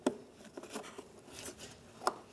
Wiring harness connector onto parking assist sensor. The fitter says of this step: listen for a click give it a tug